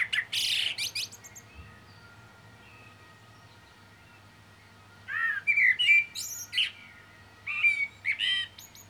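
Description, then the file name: Common blackbird song: a burst of high twittering, then after a pause two mellow whistled phrases ending in squeaky, scratchy flourishes. "Turdus merula"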